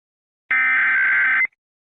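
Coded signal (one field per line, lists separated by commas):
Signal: Emergency Alert System (SAME) tones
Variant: header bursts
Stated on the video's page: EAS scenario, a fictional alert.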